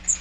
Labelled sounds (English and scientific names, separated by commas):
Magnolia Warbler (Setophaga magnolia) flight call